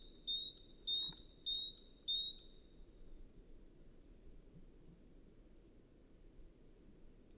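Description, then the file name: Great tit: a string of about six bright, evenly spaced high notes over two to three seconds, then near silence with a soft low background hum. "Parus major"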